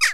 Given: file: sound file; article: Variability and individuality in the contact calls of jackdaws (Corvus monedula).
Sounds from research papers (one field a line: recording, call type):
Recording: jackdaw call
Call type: harmonic